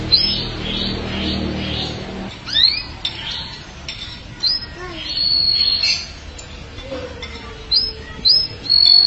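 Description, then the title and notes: Canary song: a run of soft rapid notes, then repeated sharp upslurred chirps and short steady high whistles, with a few lower gliding notes between. "BM Suara Kenari. BM Suara Burung Kenari"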